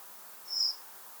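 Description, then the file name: Common blackbird call: one high, thin, level seeping note lasting roughly a quarter second, with only quiet background hiss around it. "Turdus merula"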